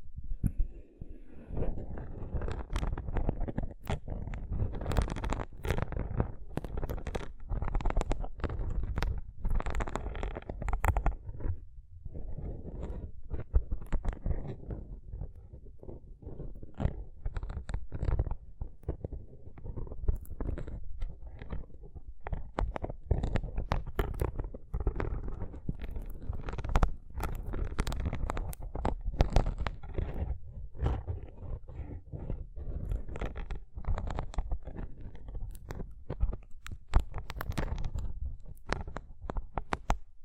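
Rough brain cleaning and picking: wet, squelching and sucking sounds run almost without pause for the whole forty seconds, heavy in the low end. Frequent sharp clicks and crunchy snaps cut through irregularly, with a brief quieter gap near twelve seconds.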